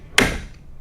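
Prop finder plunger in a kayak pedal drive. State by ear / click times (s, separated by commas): seated / 0.2 s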